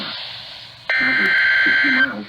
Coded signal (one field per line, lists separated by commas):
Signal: Emergency Alert System (SAME) tones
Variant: header bursts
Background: speech